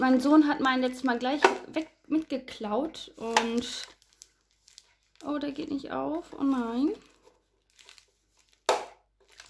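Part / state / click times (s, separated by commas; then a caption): plastic lid clasp on a storage box / released / 8.7 s. Someone talks while working at the plastic lid clasp of a storage box from a diamond painting kit that would not open at first, with small soft clicks and rustles in between. At 8.7 s a sharp, loud snap rings out as the clasp gives way and the lid is released. The clasp had not been fully latched.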